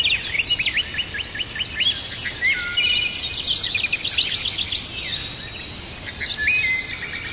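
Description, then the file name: Birds singing in a dense chorus, with a fast series of high repeated notes at first, then flat whistled notes and overlapping chirps over a steady hiss. Birds in a forest. "Passaros na Floresta"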